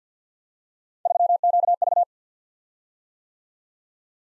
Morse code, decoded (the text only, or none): 3QV